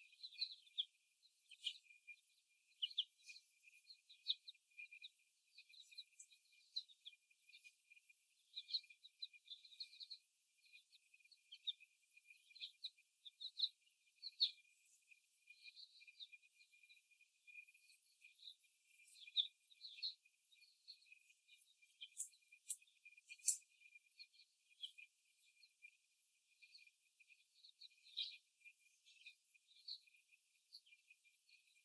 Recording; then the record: young laying hens in a cage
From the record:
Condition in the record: before the stressor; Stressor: simulated dog barking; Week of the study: 1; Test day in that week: 1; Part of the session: 2